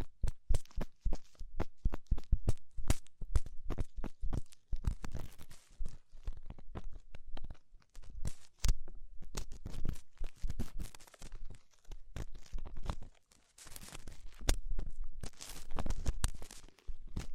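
Tingly ear exploration sounds: dense, crackly scratching and rubbing with rapid, irregular taps and crunchy bursts throughout. The texture is bright and crisp with soft low thumps underneath, easing briefly around eight and thirteen seconds before growing busy again.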